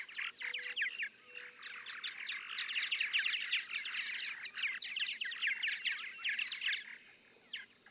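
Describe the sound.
Purple martin song: dense gurgling, chattering warbles and rapid chirps that run almost continuously for about seven seconds, then fade to a few scattered notes.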